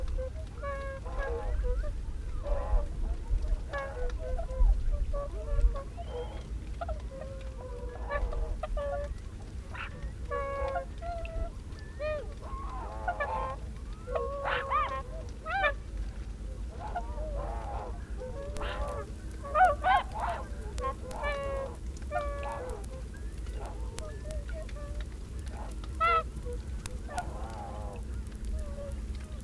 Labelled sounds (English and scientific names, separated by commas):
Tundra Swan (Cygnus columbianus) call